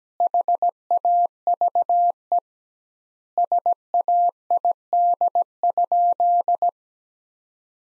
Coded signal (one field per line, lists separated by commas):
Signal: Morse code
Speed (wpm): 17 wpm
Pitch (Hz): 700 Hz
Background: none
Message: HAVE SAID?